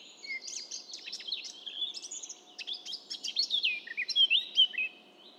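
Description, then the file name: Eurasian blackcap song: a steady chattering warble that grows louder, ending in clear, loud fluting whistles. "Sylvia atricapilla"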